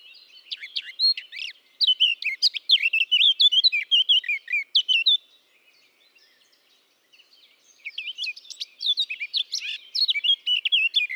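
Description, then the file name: Eurasian blackcap warbling song in two bursts of rapid, varied chirps and whistled slurs, separated by a brief quiet pause of about two and a half seconds. "Sylvia atricapilla"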